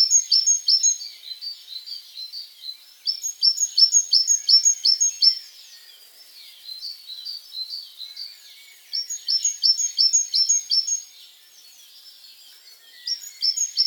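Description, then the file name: Great tit song: repeated high two-note phrases in several bursts of rapid, even rhythm, separated by short pauses with faint other birdsong. "Parus major"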